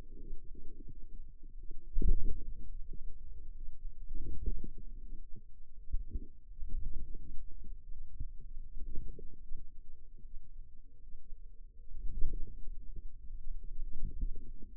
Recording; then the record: forearm muscle sounds (acoustic myography)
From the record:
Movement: wrist extension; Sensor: system 2, bracelet of six BSWA MPA416 microphones around the upper forearm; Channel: 3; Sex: female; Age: 23 years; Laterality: right